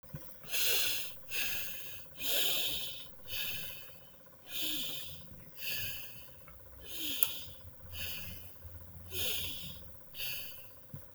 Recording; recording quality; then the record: deep breathing; excellent, no background noise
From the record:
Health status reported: healthy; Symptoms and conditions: cough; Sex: male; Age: 28 years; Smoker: no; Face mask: not worn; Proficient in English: yes